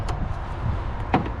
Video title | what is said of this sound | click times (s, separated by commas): Porsche 911 996 Turbo GT2 996 MK2 2nd Gen 991 style headlights Black w/ oval DRL installation guide | on you hear the click and you'll feel it's only about a quarter of returns not much | 1.1 s